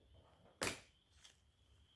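An antenna cable connector is pushed home into the roof sharkfin antenna of a 2009 GMC Yukon during reassembly of the leaking antenna. It gives one sharp, bright click at 0.6 s, followed by a much fainter tick at 1.3 s over low background noise. The connector is seated.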